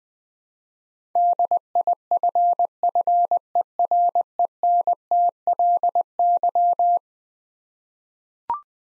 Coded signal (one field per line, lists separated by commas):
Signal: Morse code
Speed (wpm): 20 wpm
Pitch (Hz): 700 Hz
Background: none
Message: DIFFERENTLY